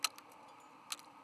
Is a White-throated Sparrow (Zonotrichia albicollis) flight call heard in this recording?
no